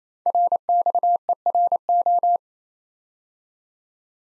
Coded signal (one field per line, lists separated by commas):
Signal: Morse code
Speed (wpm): 27 wpm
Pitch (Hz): 700 Hz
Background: none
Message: RXERO